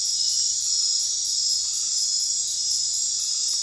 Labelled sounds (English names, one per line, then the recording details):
none
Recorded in dense forest near Puerto Asís, Putumayo, Colombia, on 24 March 2025 at 22:00
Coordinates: 0.503, -76.323
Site GP09